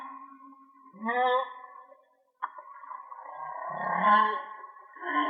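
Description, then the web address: Whale song: wavering moans and pulsed, grunting units, a brief break, then a sudden onset of a long, warbling phrase. Linked to a whale and dolphin watching page; mono recording. "Whale Song. whale dolphin watching"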